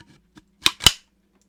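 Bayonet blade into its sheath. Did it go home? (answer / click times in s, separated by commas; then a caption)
yes / 0.7 s, 0.9 s. A World War II bayonet blade is pushed into its sheath close to the microphone, with a faint tap at 0.4 s followed by two sharp metallic clicks at 0.7 s and 0.9 s. The bayonet locks in place in the sheath, held under pressure so it will not just shake off.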